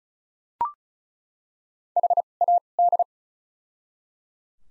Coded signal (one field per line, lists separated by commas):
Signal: Morse code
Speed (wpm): 36 wpm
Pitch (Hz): 700 Hz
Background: none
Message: H A D